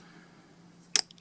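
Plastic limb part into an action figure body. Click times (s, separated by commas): 1.0 s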